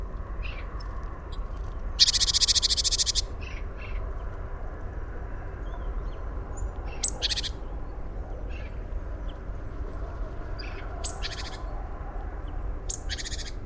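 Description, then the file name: Great tit churring call: one harsh, buzzy, pulsed burst lasting about a second, amid scattered short high chips and a few brief buzzy notes, over a steady low rumble. "Parus major"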